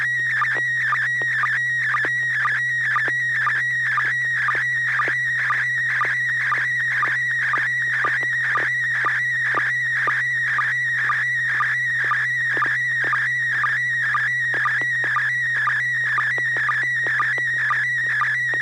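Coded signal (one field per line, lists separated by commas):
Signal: SSTV (slow-scan television)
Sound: warbling tone near 1.9 kHz with a short low chirp about twice a second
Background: low steady hum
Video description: The River City ARCS SSTV Net is held Wednesday evenings at 9:00 PM Pacific Time on the N6NA FM repeater on 441.300 MHz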